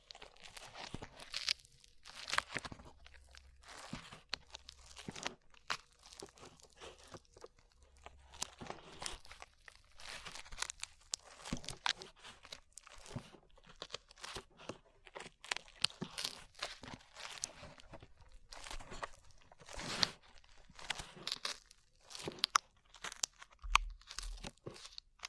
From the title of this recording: ASMR SLIME